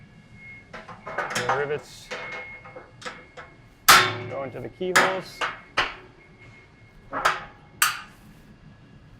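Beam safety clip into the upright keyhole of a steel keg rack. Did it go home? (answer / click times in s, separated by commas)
yes / 5.8 s, 7.8 s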